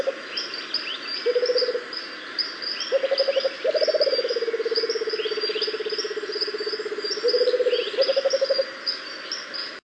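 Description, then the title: Rufous-capped motmot producing low pulsed trills, including one sustained rolling trill lasting several seconds, framed by shorter bursts, with high chirps and insect buzz throughout. "LuckyPassaro Completos2Sama. Rufous-capped Motmot (Baryphthengus ruficapillus)"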